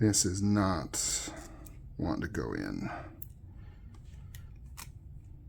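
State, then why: Seated. Someone talks while working a metal pin into the ball-lock mechanism of a Manix 2 folding knife during a swap to a ceramic ball lock. After a quiet pause, the pin pops into place with a short, sharp click at 4.4 s, flanked by fainter ticks, and the pin is seated.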